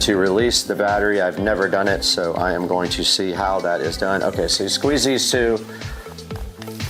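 Someone talks over music, then squeezes the two side tabs on a DeWalt 20 V battery pack in a cordless drill to try to release it, making a few short handling sounds near the end. The battery does not come out, and nothing has released or clicked yet.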